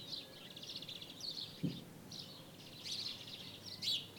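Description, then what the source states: Birds chirping in quick, buzzy bursts high in pitch, several overlapping, with a brief low thump partway through over a soft outdoor hiss. Birds in daytime ambience in Jerez, Spain.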